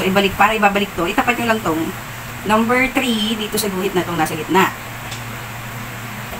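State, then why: Not seated. Someone talks while turning the cap of a blood-sugar lancing device so that depth setting number 3 lines up with the middle line on the device body, before the cap is pushed on to lock. A steady low hum runs underneath. Nothing has clicked or locked yet.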